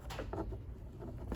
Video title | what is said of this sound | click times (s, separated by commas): DIY 2001-2003 LEXUS LS430 Mass Air Flow SENSOR Replacement PT: 2 | that's pretty much it I guess once you hear it click | 0.3 s